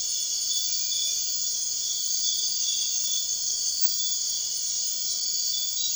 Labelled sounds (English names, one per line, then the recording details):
none
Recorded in dense forest near Puerto Asís, Putumayo, Colombia, on 21 March 2025 at 00:30
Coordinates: 0.499, -76.324
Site GP03